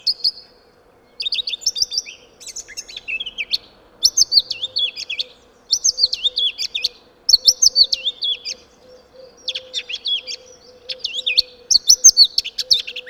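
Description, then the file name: Eurasian blackcap singing short, scratchy warbled phrases of quick chattering notes, repeated with short pauses, over a steady low hum. "Sylvia atricapilla"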